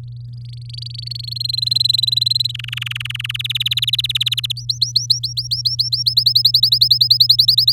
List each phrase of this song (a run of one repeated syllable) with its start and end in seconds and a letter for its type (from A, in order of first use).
0.03-1.42 A, 1.44-2.52 B, 2.54-3.37 C, 3.39-4.52 D, 4.56-6.03 E, 6.06-7.72 F